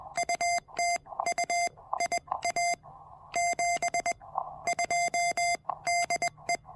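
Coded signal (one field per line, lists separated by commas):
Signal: Morse code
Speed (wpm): 20 wpm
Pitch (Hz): 690 Hz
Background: none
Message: U TU IA 72 DE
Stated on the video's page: QRP park activation using a TEC-TEC R4020 with a cannibalized 40m EFHW antenna, on 20 and 40 meters.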